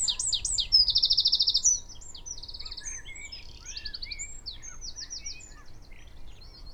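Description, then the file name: Eurasian wren song with a loud, very high buzzy trill early on, followed by a quieter string of quick chirps and short trills. "Troglodytes troglodytes"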